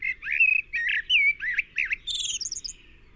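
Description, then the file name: Common blackbird song: a run of fluty, warbling whistled notes around mid pitch, then a thin, high twittering flourish at the end. "Turdus merula"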